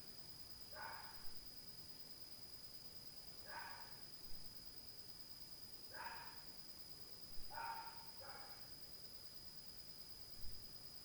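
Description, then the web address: Dog barking at night, single hoarse barks repeated every two to three seconds, ending with a quick double bark, over a steady high electrical whine and occasional clicks. Dog recorded at night in 2022. "zone 51 2022 Night Noise 07-05 DOG"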